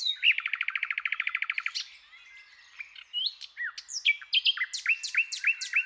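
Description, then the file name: Common nightingale song: a fast rattling trill of identical notes, a brief pause, then varied whistled and slurred phrases repeated quickly. "Luscinia megarhynchos"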